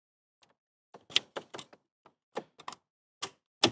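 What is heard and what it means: On a Mazda CX-3 during a CarPlay / Android Auto installation, the other side of a plastic dashboard trim piece is worked by hand through a series of short knocks, taps and scrapes. At 3.6 s the trim piece's second clip pops free with a sharp crack, releasing the piece.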